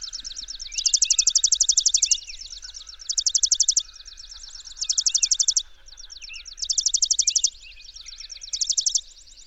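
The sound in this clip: Bird singing fast high trills in five loud bursts, with quieter chirping and downslurred notes between them.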